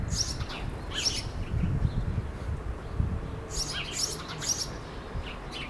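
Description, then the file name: House sparrow chirping in several clusters of quick bright notes, with low rumble and background noise underneath. "Passer domesticus"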